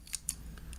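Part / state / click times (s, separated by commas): toy vehicle into combiner robot tab socket / not seated / none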